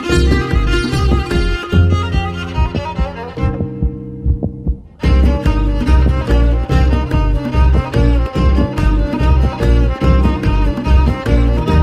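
A real adult heartbeat, heard as a steady percussive pulse mixed with music and set as its accompaniment.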